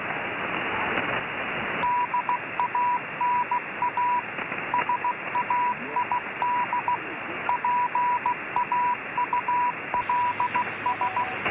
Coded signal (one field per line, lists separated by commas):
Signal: Morse code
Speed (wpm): 16 wpm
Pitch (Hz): 980 Hz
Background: radio noise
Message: DANA SAID PAULS